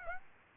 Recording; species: mosquito wingbeat signal from an infrared sensor; Aedes aegypti